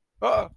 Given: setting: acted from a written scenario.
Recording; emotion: vocal sound without words; negative surprise